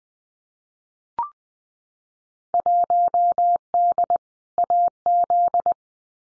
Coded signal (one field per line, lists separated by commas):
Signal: Morse code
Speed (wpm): 20 wpm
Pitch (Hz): 700 Hz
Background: none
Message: 1D AZ